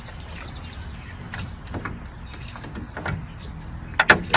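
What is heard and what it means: A white plastic insert is worked into a new aftermarket glossy black armor grille with emblem holder and no amber lights on a 2019–2022 Chevrolet Silverado 1500, its clips pressed in over soft rustling and scraping handling noise. A burst of sharp snaps at 4.0, 4.1 and 4.3 seconds shows the clips seating home.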